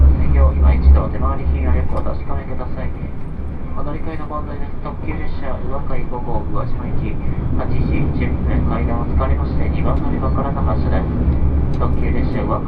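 Inside a limited express train on the Yosan Line, a deep steady rumble and hum run underneath throughout. Voices talk over it almost continuously, with several overlapping speakers. A faint higher whine sits above, and the loudness stays fairly even across the clip.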